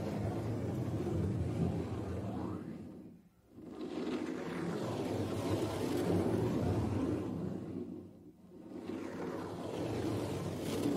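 Rubbing and brushing on a drum makes a dense, low, grainy swishing that runs almost continuously. The sound drops away briefly twice, around 3.5 and 8.3 seconds, then swells back in as the strokes resume, with faint scratchy brightness on top.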